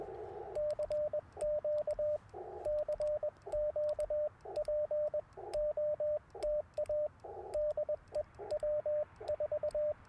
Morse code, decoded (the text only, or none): CQ CQ POTA DE W4